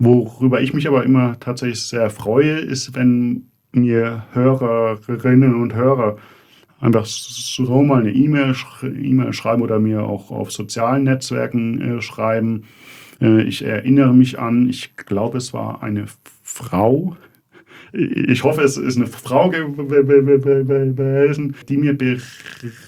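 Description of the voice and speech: Adult man speaking German with stretched sounds, repeated syllables and long blocked pauses, typical of stuttering.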